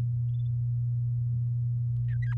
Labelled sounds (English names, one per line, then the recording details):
Domestic Canary song
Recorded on 6 May 2018 at 07:51
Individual llb16